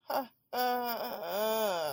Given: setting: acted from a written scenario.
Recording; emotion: vocal sound without words; embarrassment